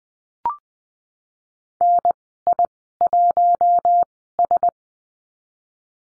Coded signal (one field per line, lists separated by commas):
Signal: Morse code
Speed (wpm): 20 wpm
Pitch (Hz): 700 Hz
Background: none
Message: NI1S